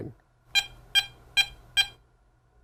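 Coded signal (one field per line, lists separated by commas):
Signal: none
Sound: metal detector target tones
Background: speech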